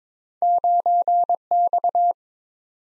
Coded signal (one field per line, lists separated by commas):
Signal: Morse code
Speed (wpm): 22 wpm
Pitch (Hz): 700 Hz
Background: none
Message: 9X